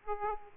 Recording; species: mosquito wingbeat signal from an infrared sensor; Aedes aegypti